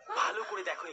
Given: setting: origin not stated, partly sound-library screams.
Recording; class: one-second piece from a danger detection set; woman in danger